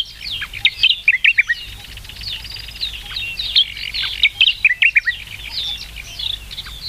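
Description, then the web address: Sakhalin grasshopper warbler delivering rapid strings of sharp whistled notes, loud phrases repeated throughout, with a dense chorus of other birds behind. "sikioto birds ezosenyo"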